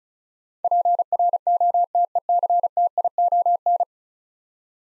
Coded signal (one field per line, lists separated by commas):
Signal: Morse code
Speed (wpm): 36 wpm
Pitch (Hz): 700 Hz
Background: none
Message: PROTECTION